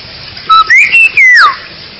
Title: Jalak Bali